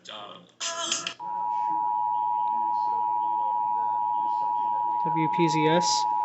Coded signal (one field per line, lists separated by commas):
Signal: Emergency Alert System (SAME) tones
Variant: 853 and 960 Hz attention tone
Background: speech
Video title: 2023 Carolina Tornado Drills 'n... stuff | EAS #123-125 (EAS Tests from 3/1-8/2023)